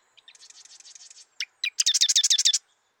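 Marsh wren song: a series of thin buzzy introductory notes, then two sharp ticks, followed by a rapid, loud, mechanical rattling trill lasting under a second.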